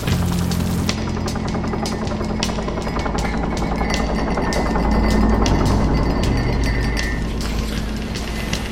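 A British Army helicopter flying at 200 metres, far below the recommended altitude, at 4 a.m. over a town roars steadily, its rotor blades beating out a fast, rhythmic chop over a deep, continuous engine drone. The sound stays loud throughout, with no voices.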